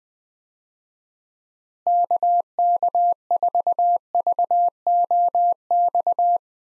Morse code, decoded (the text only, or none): KK4VOX